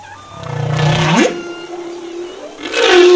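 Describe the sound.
Humpback whale sound: a low buzzy groan that swings up into a steady held tone, then a second loud cry begins at the end.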